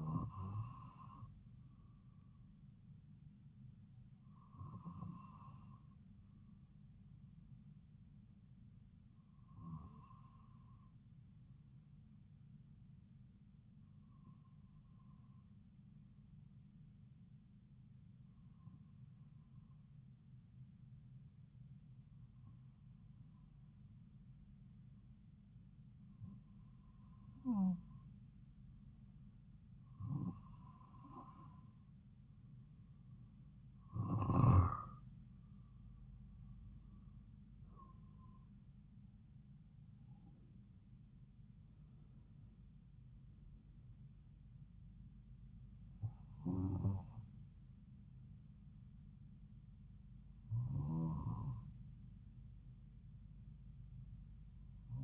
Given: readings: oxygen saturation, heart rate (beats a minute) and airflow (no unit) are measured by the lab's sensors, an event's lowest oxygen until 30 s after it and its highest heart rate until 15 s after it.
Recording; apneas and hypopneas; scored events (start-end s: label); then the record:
breathing in sleep by a smartphone at the bedside; 1
15.00-38.80 s: hypopnea (N2, oxygen 95% highest, then 93% lowest)
25.00-55.04 s: new sleep stage, N1 (lightest sleep)
From the record:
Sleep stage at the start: N2 (light sleep); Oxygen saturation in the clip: 92 to 95%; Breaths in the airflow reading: 13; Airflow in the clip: -5.8 to 7.0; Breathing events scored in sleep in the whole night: 270 in 6.1 hours asleep